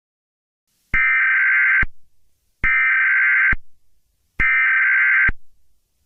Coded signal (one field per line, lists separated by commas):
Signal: Emergency Alert System (SAME) tones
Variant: header bursts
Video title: EAS Scenario 1 | Garten of BanBan Chapter 1: The Wrecking Monsters